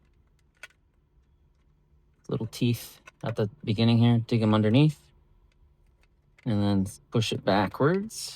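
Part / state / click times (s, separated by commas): plastic trim cover into the vehicle dashboard around the screen mount / not seated / none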